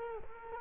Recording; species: mosquito wingbeat signal from an infrared sensor; Culex quinquefasciatus